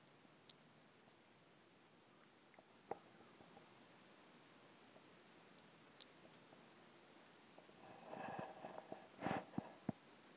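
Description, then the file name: Brachycephalus albolineatus calls: two short, very high chirps far apart, then a burst of rustling, scraping noise near the end. "Brachycephalus albolineatus"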